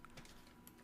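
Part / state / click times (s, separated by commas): plywood part into a wooden model car assembly / not seated / none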